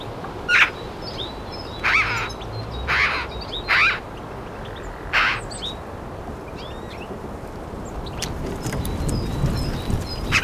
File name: Pica pica